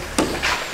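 During engine removal on a Yamaha YZ 125 motocross bike, a flat screwdriver pries the spring clip off the drive chain's master link, and the clip comes off and falls. A sharp metallic hit lands at 0.2 s, possibly the clip striking down rather than its release, followed by a softer, brighter rustle around 0.45 s. The master-link clip is released.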